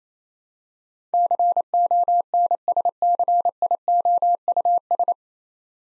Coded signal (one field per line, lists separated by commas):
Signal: Morse code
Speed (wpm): 29 wpm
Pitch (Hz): 700 Hz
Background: none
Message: CONSCIOUS